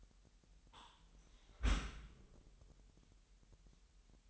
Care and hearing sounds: daily activity, microphone in the room; close dishwasher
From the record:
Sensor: 3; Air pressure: 998.3 hPa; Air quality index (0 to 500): 148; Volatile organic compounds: 5 ppm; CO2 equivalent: 1769 ppm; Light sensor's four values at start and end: 13/39/16/14 and 13/39/16/14

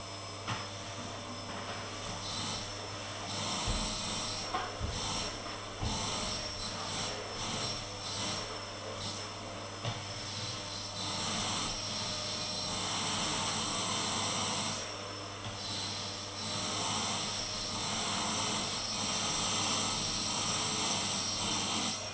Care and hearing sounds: daily activity, microphone in the room; vacuum cleaning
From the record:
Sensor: 4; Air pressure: 989.5 hPa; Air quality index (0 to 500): 216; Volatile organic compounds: 67 ppm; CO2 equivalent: 3493 ppm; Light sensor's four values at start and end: 25/88/32/34 and 26/90/33/35

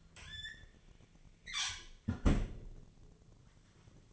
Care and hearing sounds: daily activity, microphone in the room; close fridge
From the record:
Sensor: 4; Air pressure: 1010.5 hPa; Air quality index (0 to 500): 177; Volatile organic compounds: 5 ppm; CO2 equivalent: 1793 ppm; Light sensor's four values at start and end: 27/82/32/32 and 32/95/37/37

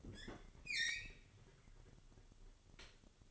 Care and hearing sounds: daily activity, microphone in the room; open fridge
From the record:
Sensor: 4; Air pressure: 1008.6 hPa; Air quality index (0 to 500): 71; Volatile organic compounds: 1 ppm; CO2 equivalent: 623 ppm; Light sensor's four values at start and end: 16/36/15/15 and 15/35/14/14

